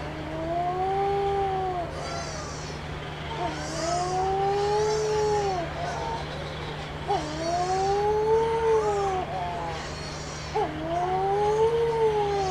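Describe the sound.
Wedge-tailed shearwater wailing repeatedly, long moans that rise and sag, each lasting around two seconds with brief gaps, over a constant low electrical-like hum.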